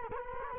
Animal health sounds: mosquito wingbeat signal from an infrared sensor; Culex quinquefasciatus

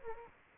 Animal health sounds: mosquito wingbeat signal from an infrared sensor; Aedes aegypti

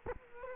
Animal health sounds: mosquito wingbeat signal from an infrared sensor; Culex quinquefasciatus

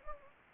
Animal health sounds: mosquito wingbeat signal from an infrared sensor; Anopheles gambiae

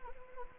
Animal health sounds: mosquito wingbeat signal from an infrared sensor; Anopheles arabiensis

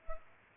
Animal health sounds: mosquito wingbeat signal from an infrared sensor; Culex pipiens

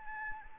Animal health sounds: mosquito wingbeat signal from an infrared sensor; Anopheles arabiensis

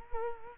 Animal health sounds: mosquito wingbeat signal from an infrared sensor; Culex quinquefasciatus

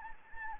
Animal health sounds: mosquito wingbeat signal from an infrared sensor; Anopheles arabiensis

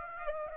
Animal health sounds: mosquito wingbeat signal from an infrared sensor; Aedes aegypti

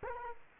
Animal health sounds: mosquito wingbeat signal from an infrared sensor; Culex quinquefasciatus

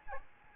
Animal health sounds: mosquito wingbeat signal from an infrared sensor; Aedes albopictus

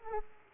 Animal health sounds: mosquito wingbeat signal from an infrared sensor; Aedes aegypti

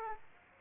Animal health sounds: mosquito wingbeat signal from an infrared sensor; Aedes aegypti

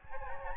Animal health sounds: mosquito wingbeat signal from an infrared sensor; Aedes albopictus

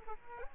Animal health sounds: mosquito wingbeat signal from an infrared sensor; Aedes aegypti

